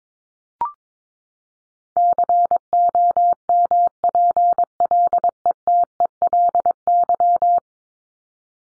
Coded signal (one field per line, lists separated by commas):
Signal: Morse code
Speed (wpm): 22 wpm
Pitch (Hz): 700 Hz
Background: none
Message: COMPLETELY